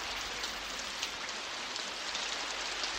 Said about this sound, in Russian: И в этот момент ударили первые неторопливые капли дождя.